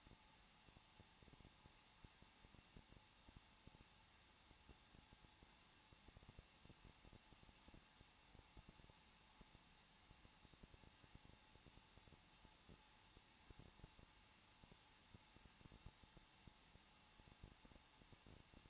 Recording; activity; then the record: daily activity, microphone in the room; no activity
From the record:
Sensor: 1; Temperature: 20.1 degrees Celsius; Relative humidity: 39.4%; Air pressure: 1006.4 hPa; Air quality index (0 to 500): 219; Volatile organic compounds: 81 ppm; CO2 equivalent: 3616 ppm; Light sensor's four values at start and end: 1/2/1/1 and 1/2/1/1